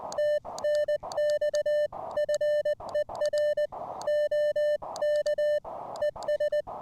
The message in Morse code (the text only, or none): TNX FER OK ES